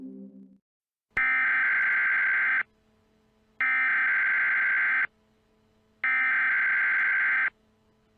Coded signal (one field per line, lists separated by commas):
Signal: Emergency Alert System (SAME) tones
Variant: header bursts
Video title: The Gulon - an EAS Scenario